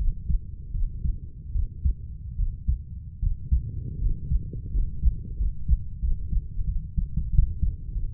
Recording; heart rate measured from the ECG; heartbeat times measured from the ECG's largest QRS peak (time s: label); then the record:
heart sounds by stethoscope; 83 bpm
0.72 s: heartbeat
1.53 s: heartbeat
2.37 s: heartbeat
3.20 s: heartbeat
4.00 s: heartbeat
4.72 s: heartbeat
5.37 s: heartbeat
6.00 s: heartbeat
6.65 s: heartbeat
7.31 s: heartbeat
7.92 s: heartbeat
From the record:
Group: healthy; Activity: rest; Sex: female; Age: 32 years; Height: 168 cm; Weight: 61.9 kg